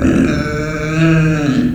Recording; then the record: squeal of a Yucatan mini pig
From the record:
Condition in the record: after surgery on the right vocal fold (resection and tissue-engineered implant); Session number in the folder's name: 6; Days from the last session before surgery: 40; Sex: female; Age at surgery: 19 weeks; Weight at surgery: 25 kg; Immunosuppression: prednisolone